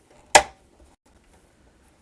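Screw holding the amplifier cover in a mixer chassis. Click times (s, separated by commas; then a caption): 0.4 s. A very tight screw holding the amplifier cover in a Sony SRP-X700 digital powered mixer chassis is undone with a screwdriver during a teardown. It breaks free with a single sharp, bright click at 0.4 s that rings briefly and decays. The rest is near silence, and the screw is released.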